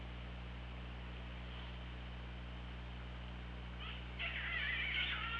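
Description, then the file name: Orca calls, a burst of overlapping pulsed squeals and whistles near the end over hiss and hum. OrcaLab hydrophone, 24 August 2017, about 18:54. "Orca Lab UTLN JASON 20170824 185424 ORCALABDYNI"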